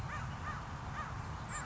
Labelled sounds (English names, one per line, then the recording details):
American Crow
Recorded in Sonoma County, California